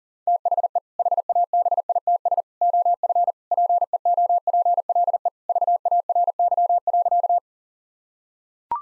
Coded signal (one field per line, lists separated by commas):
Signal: Morse code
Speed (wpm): 40 wpm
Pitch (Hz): 700 Hz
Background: none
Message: THE HABITS OF PEOPLE VARY.